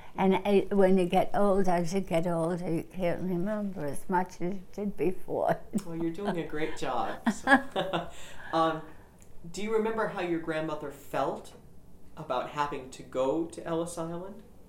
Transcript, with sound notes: And it, when you get old, as you get older you can't remember as much as you did before. (she laughs)
Well, you're doing a great job. (they laugh) do you remember how your grandmother felt about having to go to Ellis Island?